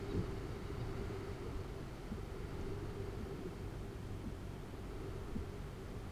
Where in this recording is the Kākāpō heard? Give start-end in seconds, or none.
none